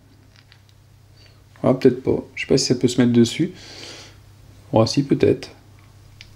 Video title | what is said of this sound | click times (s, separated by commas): KS Uprising Curse of The Last Emperor : Unboxing | s'enclenche pas dessus mais mais ça irait bien | none